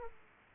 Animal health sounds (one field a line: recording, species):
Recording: mosquito wingbeat signal from an infrared sensor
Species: Aedes aegypti